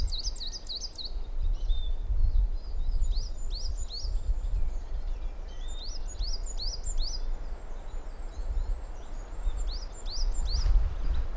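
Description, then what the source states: Coal tit song: several bursts of high, rhythmic two-note phrases separated by pauses, with low hum beneath. Coal tit at the very top of a spruce.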